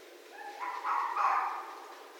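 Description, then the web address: Red fox scream: a brief thin tone leading into a rough, hoarse cry that rises and holds for about a second before fading. Recorded 6 January 2012. "Red Fox 2012 01 06 Red Fox"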